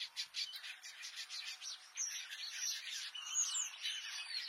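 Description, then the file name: Red-billed quelea song, a dense continuous chatter of buzzy, squeaky high notes. "Canto do quelea de bico vermelho"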